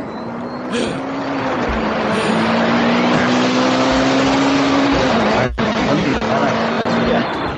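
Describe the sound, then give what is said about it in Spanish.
A DeLorean car engine runs loudly and steadily, a low droning hum with a gritty roar over it, broken once by a brief sharp burst before settling back into the same even rumble. “Eso es un coche. No te lo enseño porque lo pones ahí, pero vamos.”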